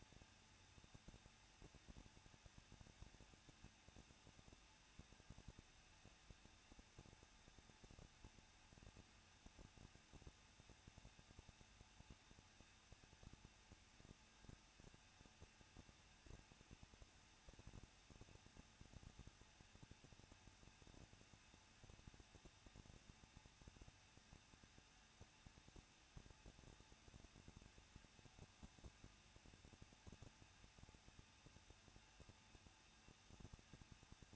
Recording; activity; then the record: daily activity, microphone in the room; no activity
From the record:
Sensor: 2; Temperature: 21.0 degrees Celsius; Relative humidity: 37.4%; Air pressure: 1006.2 hPa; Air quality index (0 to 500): 222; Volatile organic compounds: 24 ppm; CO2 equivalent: 2812 ppm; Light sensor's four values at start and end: 2/3/2/2 and 2/3/2/2